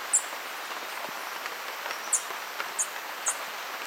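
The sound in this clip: Green honeycreeper giving sharp, very high chip notes, four in all, spaced irregularly over a few seconds against a steady background hiss.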